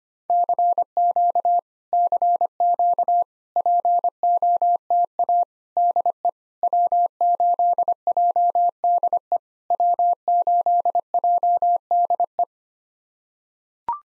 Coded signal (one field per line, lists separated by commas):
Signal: Morse code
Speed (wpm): 24 wpm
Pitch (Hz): 700 Hz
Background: none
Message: CQ CQ POTA DE W8JDE W8JDE